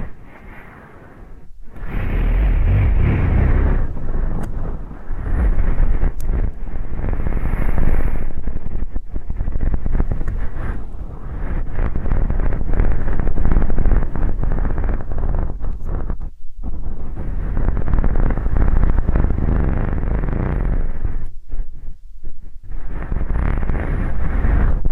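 Deep ear canal and eardrum cleaning, heard as a dense, muffled rubbing and scraping with a heavy low rumble that stays loud almost throughout. Brief silent gaps break it near the start, around 16 seconds and again near 21–22 seconds.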